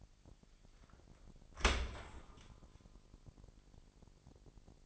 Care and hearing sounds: daily activity, microphone in the room; open dishwasher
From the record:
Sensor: 5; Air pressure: 1000.8 hPa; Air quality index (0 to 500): 248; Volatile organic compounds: 35 ppm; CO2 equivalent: 3056 ppm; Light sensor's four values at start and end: 31/72/29/27 and 31/72/29/27

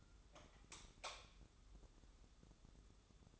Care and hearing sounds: daily activity, microphone in the room; light on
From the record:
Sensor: 3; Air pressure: 995.4 hPa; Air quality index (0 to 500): 84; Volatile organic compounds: 8 ppm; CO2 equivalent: 2046 ppm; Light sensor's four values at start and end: 9/21/9/9 and 12/31/12/12

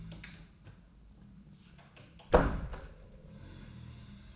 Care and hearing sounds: daily activity, microphone in the room; close door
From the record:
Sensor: 2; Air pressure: 1004.8 hPa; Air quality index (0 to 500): 73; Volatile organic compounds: 1 ppm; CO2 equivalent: 866 ppm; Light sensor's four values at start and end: 7/17/7/7 and 7/17/7/7

